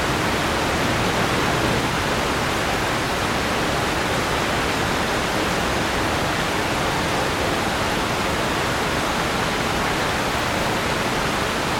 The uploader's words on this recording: A relentless rainstorm in central London. It's 10 PM and the rain is pouring down. The steady, rhythmic deluge of the rain.